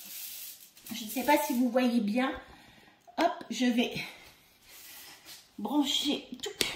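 Plastic Thermomix dessert jars are handled and stacked onto one another to go into the steamer while someone talks, with a brief knock at about 0.8 s. The jars have not yet seated or clicked into each other by the end of the clip.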